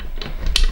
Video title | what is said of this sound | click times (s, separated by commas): 🌸 Tuto Couture Facile #DIY 🌸 Le Porte-Monnaie #VELVET #ByMélou 🥰 | Une fois bien enclenché, j'appuie. | 0.6 s